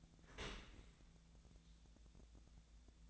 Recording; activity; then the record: daily activity, microphone in the room; open dishwasher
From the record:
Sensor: 3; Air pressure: 1000.5 hPa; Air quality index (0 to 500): 174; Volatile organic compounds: 3 ppm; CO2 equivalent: 1511 ppm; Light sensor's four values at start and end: 14/37/15/16 and 14/37/15/16